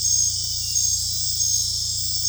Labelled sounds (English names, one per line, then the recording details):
none
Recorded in secondary vegetation near Puerto Asís, Putumayo, Colombia, on 18 December 2024 at 20:00
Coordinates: 0.484, -76.319
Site GP06